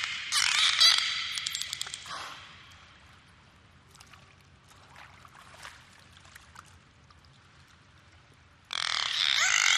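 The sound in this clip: Dolphin sounds, a loud burst of pulsed squawks at the start, then quieter scattered clicks, and another loud pulsed burst near the end.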